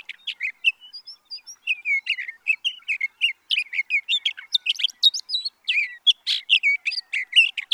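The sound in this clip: Sage thrasher singing a rapid, unbroken jumble of warbled notes and short whistles, each phrase quickly followed by the next.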